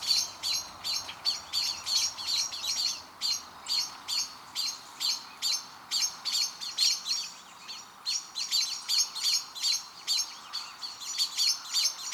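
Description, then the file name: Common blackbird repeating sharp chink notes rapidly and persistently, a few every second, against constant background noise. "Turdus merula"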